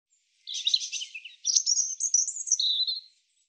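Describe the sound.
European robin delivering a stuttered, buzzy opening, then a sequence of high sliding whistles ending on a clear, level note; the background is quiet.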